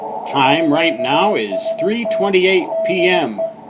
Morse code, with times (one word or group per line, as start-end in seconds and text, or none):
0.5-2.3 QST
2.7-3.5 DE